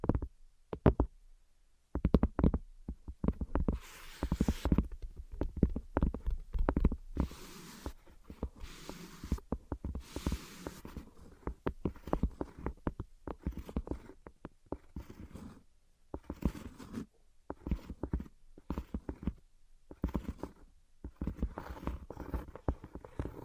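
Invisible tapping and scratching: dense, irregular clusters of soft taps with bursts of brighter scratchy rustling around 4, 7 and 10 seconds.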